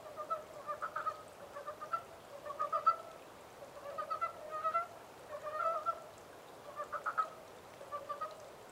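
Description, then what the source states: Chorus of montane brown frogs: low, rattling croak bursts repeated roughly every second, several callers overlapping over steady hiss. 14 April 2010.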